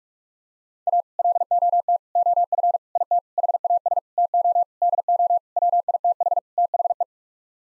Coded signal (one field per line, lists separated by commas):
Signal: Morse code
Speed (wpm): 42 wpm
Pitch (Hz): 700 Hz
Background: none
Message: A LOT OF IT HAS TO DO WITH THE